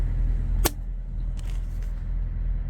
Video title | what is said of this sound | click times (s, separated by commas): 2023 peterbilt 389 smart wheel module repair | Okay, we got this popped into place. | 0.7 s